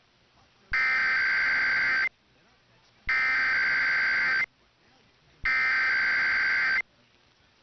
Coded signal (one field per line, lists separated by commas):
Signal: Emergency Alert System (SAME) tones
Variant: header bursts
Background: speech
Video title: [EAS #2537-2539] Weekend RWTs (7/08/23 - 7/09/23)